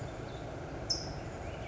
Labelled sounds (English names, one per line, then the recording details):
California Towhee
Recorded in Sonoma County, California